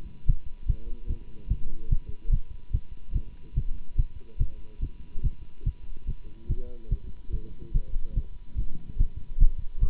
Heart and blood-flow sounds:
heart sounds by stethoscope; between the tricuspid and mitral areas; 145 bpm
0.27 s: heartbeat
0.68 s: heartbeat
1.08 s: heartbeat
1.49 s: heartbeat
1.90 s: heartbeat
2.31 s: heartbeat
2.72 s: heartbeat
3.14 s: heartbeat
3.55 s: heartbeat
3.97 s: heartbeat
4.39 s: heartbeat
4.81 s: heartbeat
5.23 s: heartbeat
5.65 s: heartbeat
6.06 s: heartbeat
6.48 s: heartbeat
6.90 s: heartbeat
7.32 s: heartbeat
7.73 s: heartbeat
8.15 s: heartbeat
8.57 s: heartbeat
8.98 s: heartbeat
9.40 s: heartbeat
9.81 s: heartbeat
From the record:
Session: Bruce protocol treadmill stress test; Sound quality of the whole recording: good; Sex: male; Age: 24 years

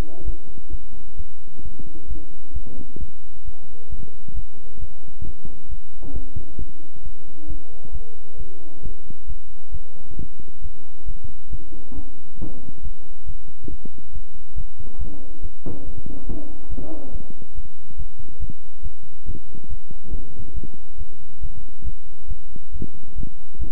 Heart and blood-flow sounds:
heart sounds by stethoscope; between the tricuspid and mitral areas; 136 bpm
0.25 s: heartbeat
0.71 s: heartbeat
1.17 s: heartbeat
1.63 s: heartbeat
2.08 s: heartbeat
2.54 s: heartbeat
2.99 s: heartbeat
3.45 s: heartbeat
3.90 s: heartbeat
4.34 s: heartbeat
4.80 s: heartbeat
5.25 s: heartbeat
5.69 s: heartbeat
6.14 s: heartbeat
6.58 s: heartbeat
7.03 s: heartbeat
7.48 s: heartbeat
7.92 s: heartbeat
8.38 s: heartbeat
8.83 s: heartbeat
9.28 s: heartbeat
9.72 s: heartbeat
10.17 s: heartbeat
10.62 s: heartbeat
11.06 s: heartbeat
11.51 s: heartbeat
11.95 s: heartbeat
12.39 s: heartbeat
12.83 s: heartbeat
13.26 s: heartbeat
13.70 s: heartbeat
14.13 s: heartbeat
14.56 s: heartbeat
14.99 s: heartbeat
15.42 s: heartbeat
15.85 s: heartbeat
16.27 s: heartbeat
16.70 s: heartbeat
17.12 s: heartbeat
17.55 s: heartbeat
17.98 s: heartbeat
18.40 s: heartbeat
18.83 s: heartbeat
19.26 s: heartbeat
19.69 s: heartbeat
20.11 s: heartbeat
20.54 s: heartbeat
20.98 s: heartbeat
21.42 s: heartbeat
21.84 s: heartbeat
22.28 s: heartbeat
22.73 s: heartbeat
23.16 s: heartbeat
23.59 s: heartbeat
From the record:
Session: bicycle stress test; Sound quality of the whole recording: good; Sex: male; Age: 23 years

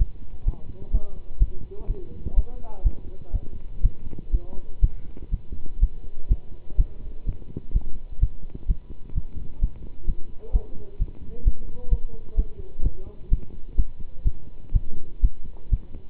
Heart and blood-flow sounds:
heart sounds by stethoscope; between the tricuspid and mitral areas; 126 bpm
0.45 s: heartbeat
0.91 s: heartbeat
1.38 s: heartbeat
1.87 s: heartbeat
2.35 s: heartbeat
2.83 s: heartbeat
3.32 s: heartbeat
3.82 s: heartbeat
4.31 s: heartbeat
4.81 s: heartbeat
5.31 s: heartbeat
5.80 s: heartbeat
6.28 s: heartbeat
6.77 s: heartbeat
7.25 s: heartbeat
7.72 s: heartbeat
8.19 s: heartbeat
8.67 s: heartbeat
9.14 s: heartbeat
9.60 s: heartbeat
10.06 s: heartbeat
10.52 s: heartbeat
10.98 s: heartbeat
11.44 s: heartbeat
11.89 s: heartbeat
12.36 s: heartbeat
12.83 s: heartbeat
13.30 s: heartbeat
13.76 s: heartbeat
14.24 s: heartbeat
14.73 s: heartbeat
15.21 s: heartbeat
15.70 s: heartbeat
From the record:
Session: pedaling a stationary bicycle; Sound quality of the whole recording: good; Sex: male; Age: 27 years

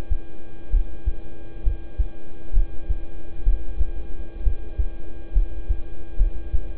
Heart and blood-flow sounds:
heart sounds by stethoscope; between the tricuspid and mitral areas; 66 bpm
0.70 s: heartbeat
1.63 s: heartbeat
2.53 s: heartbeat
3.43 s: heartbeat
4.42 s: heartbeat
5.32 s: heartbeat
6.16 s: heartbeat
From the record:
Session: rest, lying down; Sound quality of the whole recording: good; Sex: male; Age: 26 years

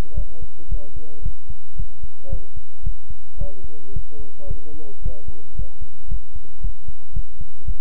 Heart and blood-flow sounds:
heart sounds by stethoscope; between the tricuspid and mitral areas; 112 bpm
0.14 s: heartbeat
0.68 s: heartbeat
1.22 s: heartbeat
1.76 s: heartbeat
2.29 s: heartbeat
2.83 s: heartbeat
3.37 s: heartbeat
3.92 s: heartbeat
4.47 s: heartbeat
5.01 s: heartbeat
5.54 s: heartbeat
6.08 s: heartbeat
6.61 s: heartbeat
7.13 s: heartbeat
7.65 s: heartbeat
From the record:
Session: pedaling a stationary bicycle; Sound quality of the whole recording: good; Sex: male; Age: 24 years

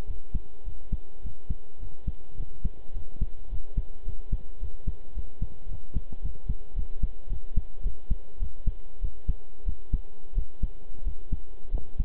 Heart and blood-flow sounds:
heart sounds by stethoscope; between the tricuspid and mitral areas; 103 bpm
0.05 s: heartbeat
0.63 s: heartbeat
1.21 s: heartbeat
1.78 s: heartbeat
2.35 s: heartbeat
2.92 s: heartbeat
3.48 s: heartbeat
4.03 s: heartbeat
4.58 s: heartbeat
5.13 s: heartbeat
5.67 s: heartbeat
6.20 s: heartbeat
6.74 s: heartbeat
7.28 s: heartbeat
7.81 s: heartbeat
8.38 s: heartbeat
9.00 s: heartbeat
9.64 s: heartbeat
10.33 s: heartbeat
11.02 s: heartbeat
11.69 s: heartbeat
From the record:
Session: pedaling a stationary bicycle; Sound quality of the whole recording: good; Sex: male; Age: 23 years

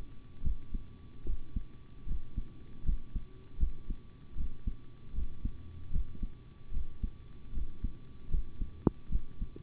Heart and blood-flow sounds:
heart sounds by stethoscope; between the tricuspid and mitral areas; 76 bpm
0.42 s: heartbeat
1.24 s: heartbeat
2.06 s: heartbeat
2.84 s: heartbeat
3.58 s: heartbeat
4.35 s: heartbeat
5.13 s: heartbeat
5.91 s: heartbeat
6.72 s: heartbeat
7.52 s: heartbeat
8.29 s: heartbeat
9.10 s: heartbeat
From the record:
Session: rest, sitting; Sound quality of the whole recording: good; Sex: male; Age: 25 years

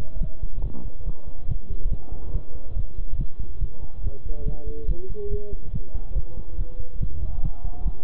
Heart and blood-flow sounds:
heart sounds by stethoscope; between the tricuspid and mitral areas; 141 bpm
0.21 s: heartbeat
0.64 s: heartbeat
1.06 s: heartbeat
1.49 s: heartbeat
1.92 s: heartbeat
2.34 s: heartbeat
2.77 s: heartbeat
3.19 s: heartbeat
3.61 s: heartbeat
4.04 s: heartbeat
4.46 s: heartbeat
4.89 s: heartbeat
5.31 s: heartbeat
5.73 s: heartbeat
6.16 s: heartbeat
6.58 s: heartbeat
7.01 s: heartbeat
7.43 s: heartbeat
7.86 s: heartbeat
From the record:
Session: bicycle stress test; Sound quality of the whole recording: good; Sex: male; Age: 23 years

